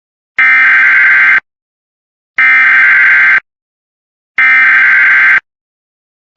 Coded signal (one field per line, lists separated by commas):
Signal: Emergency Alert System (SAME) tones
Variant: header bursts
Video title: EAS BLIZZARD WARNING